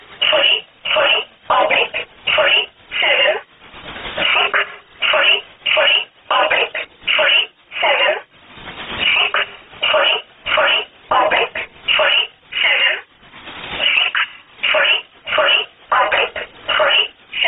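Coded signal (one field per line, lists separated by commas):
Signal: numbers station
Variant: E11 Oblique, English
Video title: 25 08 2017 Numbers station E11 Oblique in English to Eu 0710 on 10429 unknown tx site in USB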